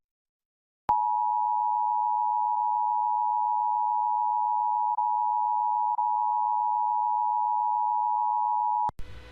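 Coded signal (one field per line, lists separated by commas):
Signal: Emergency Alert System (SAME) tones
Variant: 853 and 960 Hz attention tone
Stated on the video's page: Child Abduction Emergency EAS alert on a TV station, with poor audio quality.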